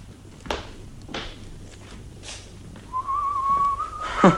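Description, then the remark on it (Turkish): A man whistles a short tune, mostly a held, clear high note that wavers slightly before cutting off, preceded by a few soft thuds like footsteps. “Üstelik ıslık çalmam diye keçi gibi inat ediyor.”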